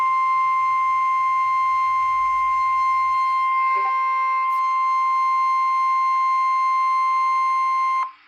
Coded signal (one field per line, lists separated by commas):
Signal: Emergency Alert System (SAME) tones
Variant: 1050 Hz attention tone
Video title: Eas svr on KEC55 Eas#1182